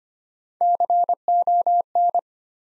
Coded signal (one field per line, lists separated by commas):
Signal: Morse code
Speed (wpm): 25 wpm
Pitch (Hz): 700 Hz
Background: none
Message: CON